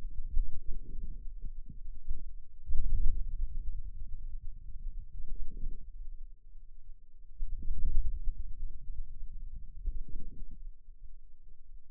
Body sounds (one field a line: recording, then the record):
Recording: forearm muscle sounds (acoustic myography)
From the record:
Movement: wrist flexion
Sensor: system 2, bracelet of six BSWA MPA416 microphones around the upper forearm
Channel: 6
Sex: male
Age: 22 years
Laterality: right